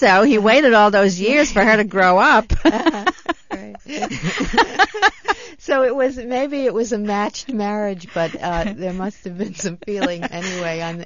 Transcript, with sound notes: He waited all those years for her to grow up. (They laugh)
maybe it was a matched marriage, but there must have been some feeling anyway.